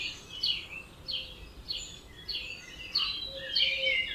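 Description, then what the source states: Birds in a dawn chorus, quick high chirps and descending phrases repeating rapidly, with a lower soft note near the end. Dawn chorus recorded at 4am in Oberhofen, Inntal, Austria; binaural recording.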